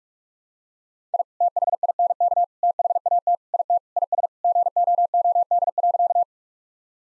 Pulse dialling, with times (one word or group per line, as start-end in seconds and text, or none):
none